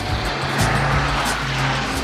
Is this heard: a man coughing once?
no